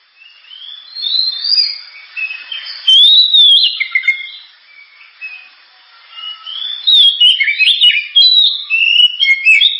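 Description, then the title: Oriental magpie-robin song: mellow whistles rising into a loud slurred phrase, a pause, then fast jumbled chirps and whistles. Sharp, very loud 'gacor' (constantly singing) kacer song, suited as 'pancingan', a lure to prompt other birds to sing. "Kacer Gacor Suara Tajam. Kacer Gacor Suara Super Kenceng Cocok untuk Pancingan"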